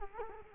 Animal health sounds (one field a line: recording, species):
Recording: mosquito wingbeat signal from an infrared sensor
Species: Culex quinquefasciatus